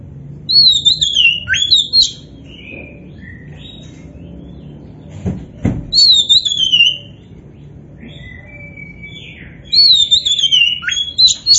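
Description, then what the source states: Oriental magpie-robin song: three bursts of sweet, descending whistled phrases with quick upslurs, separated by pauses, with a few dull knocks midway. Indonesian kacer poci bird, described as gacor, meaning it is singing vigorously.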